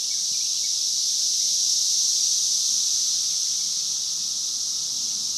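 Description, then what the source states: Cicadas buzz in a dense, steady, high-pitched drone that holds without a break from start to finish. Multiple cicadas.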